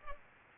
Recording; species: mosquito wingbeat signal from an infrared sensor; Culex pipiens